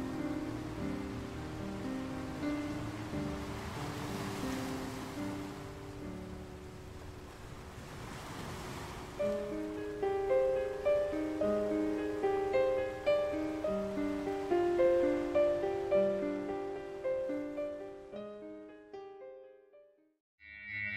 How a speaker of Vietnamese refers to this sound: Ở đây cũng có biển, ở chỗ tôi cũng có biển, và chỗ khác cũng có biển. Vẫn là bầu trời đầy sao, vẫn là từng cơn sóng xô bờ.